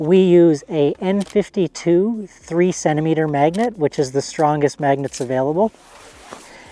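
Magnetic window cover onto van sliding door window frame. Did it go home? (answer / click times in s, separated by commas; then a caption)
yes / 6.3 s. Someone talks about a fabric window cover that has strong N52 3 cm magnets embedded along its sides and bottom. The cover is pressed against the metal frame of a van's sliding-door window, and one short snap is heard at 6.3 s as the magnets seat onto the metal.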